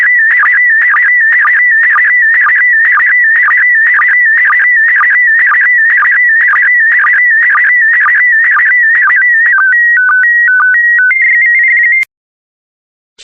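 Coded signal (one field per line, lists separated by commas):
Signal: SSTV (slow-scan television)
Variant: PD120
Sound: warbling whistle-like tone with rhythmic low blips, then slow stepped tones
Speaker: the next image transmission will start in 10 seconds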